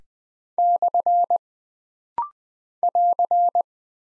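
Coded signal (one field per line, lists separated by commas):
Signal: Morse code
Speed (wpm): 20 wpm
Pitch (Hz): 700 Hz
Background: none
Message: / <AR>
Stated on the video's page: Punctuation and prosign drill at 20 wpm, each character sent, spoken, then sent again, with rapid-fire timing for instant character recognition.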